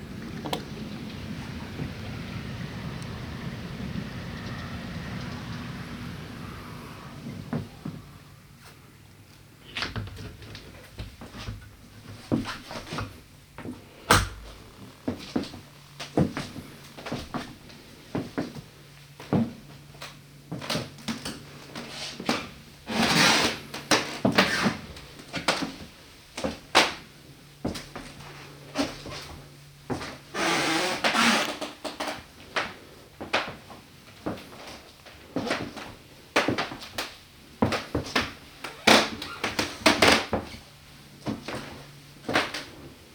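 A wooden floor creaks under irregular steps, brief groans and knocks every second or two, after a steady low hum fades near eight seconds.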